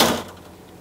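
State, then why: Seated. The lock pin of a slide-out storage tray in the basement compartment of a 2000 American Heritage 45IS motorhome is raised with a lever and the tray is pulled until the pin drops into one of several stop positions. A sharp click sounds at 0.0 s and fades over about a quarter second into a low, steady hum. The pin engages and locks the tray in place.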